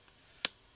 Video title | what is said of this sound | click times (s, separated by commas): Course Introduction - FULL Free Photography Lecture for Beginners | and again just super gentle being really nice and slow and be really quiet and hold this up to the microphone so you can hear the very audible click | 0.5 s